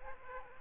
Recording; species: mosquito wingbeat signal from an infrared sensor; Aedes aegypti